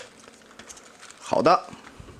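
A stiff plastic clip at a joint of a toy robot (a Transformers PE KO four-mode gorilla, CR01S limited black version) is handled before being pushed into its socket, with faint light plastic ticks and someone talking briefly around 1.3–1.6 s. Nothing has seated or clicked yet.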